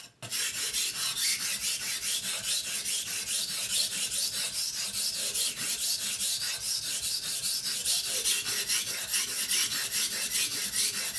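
A knife is sharpened on a whetstone with quick, even back-and-forth strokes, about three per second, after a brief pause at the very start. Each stroke is a bright, hissing scrape, steady in loudness for the whole stretch.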